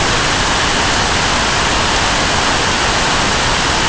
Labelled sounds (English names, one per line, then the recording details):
none
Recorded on Arctic tundra, site NAIT-1, on 25 June 2018
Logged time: 03:00